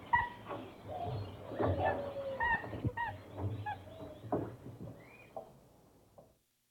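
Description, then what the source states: Chimpanzee calls, a run of uneven harmonic hoots and squeals with a low steady hum beneath, fading toward the end. Jungle setting.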